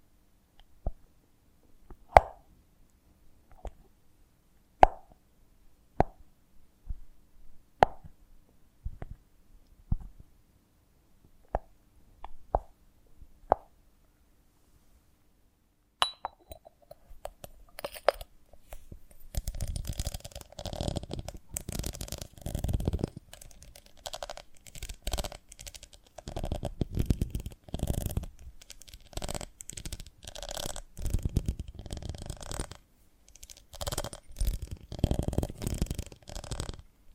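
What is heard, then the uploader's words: Honeycomb on a branch being handled: for the first fifteen seconds, sparse sharp taps and clicks land about once a second, separated by silence. After a brief pause, dense crackling, scratching and rustling take over, thick and continuous with deep thumps underneath until the end. ASMR of a Honeycomb on Branch (No Talking).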